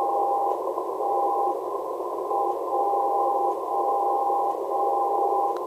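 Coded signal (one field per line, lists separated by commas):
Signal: radio time signal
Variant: WWVB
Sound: steady whistling tone in hiss, its level dropping briefly about once per second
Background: radio static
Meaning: Time code that American radio-controlled clocks set themselves to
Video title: WWVB 60kHz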